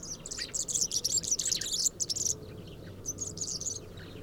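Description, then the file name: European serin song, a fast, high, jingling stream of buzzy twittering notes lasting about two seconds, then a shorter burst of the same after a brief pause. Recorded at Binsham on 22 January 2017. "Girlitz. Binsham. Susanne Rieck"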